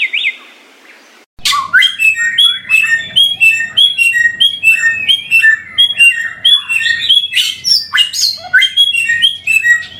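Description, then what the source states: Samyong song: a soft steady tone, a short silence, then a dense, fast medley of sharp chirps, downslurred whistles and high twitters without pause. Masteran (bird training) recording of samyong song.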